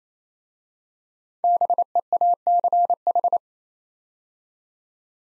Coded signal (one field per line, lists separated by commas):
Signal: Morse code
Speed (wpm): 27 wpm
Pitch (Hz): 700 Hz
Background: none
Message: BEACH